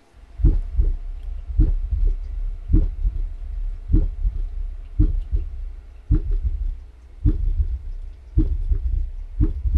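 Normal heart sounds of an adult heard through a stethoscope placed over the tricuspid area: the sound of the heart valves opening and closing, beat after beat.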